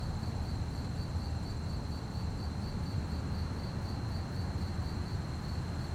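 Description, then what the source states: Steady fast cricket chirping, evenly pulsed from start to finish, over a constant low rumble. Fast-chirping crickets at night on a quiet street, with distant activity and slight wind; stereo.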